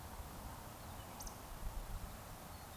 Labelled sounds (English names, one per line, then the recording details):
Eurasian Woodcock whistle
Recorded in Baden-Württemberg, Germany, on 3 June 2021 at 20:00 UTC
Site 45499, 200 m above sea level